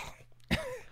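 A single short, dry cough burst, an adult's imitation of a fake, unconvincing cough without phlegm.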